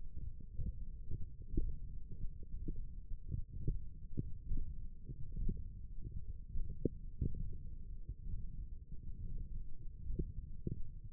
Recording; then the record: forearm muscle sounds (acoustic myography)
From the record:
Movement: tripod grip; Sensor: system 1, eight BSWA MPA416 microphones around the upper forearm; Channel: 1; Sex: male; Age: 23 years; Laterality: right